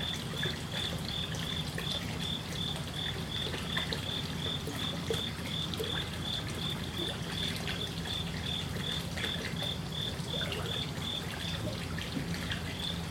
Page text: Lynne Music 2. Koi Pond With Crickets Loop: Water movement, slightly surging, drippy. Small water feature in fish pond, with crickets chirping. package of Swamp, Marsh & Woods